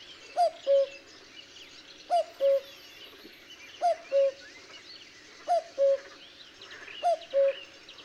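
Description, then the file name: Cuckoo giving five clear falling two-note calls, spaced roughly every one and a half seconds, over faint chirping and twittering of small birds. "minutes of cuckoos"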